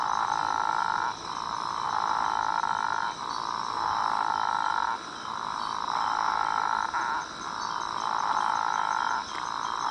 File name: Physalaemus atlanticus